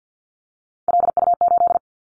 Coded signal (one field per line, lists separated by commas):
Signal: Morse code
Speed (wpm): 48 wpm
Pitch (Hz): 700 Hz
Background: none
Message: LU8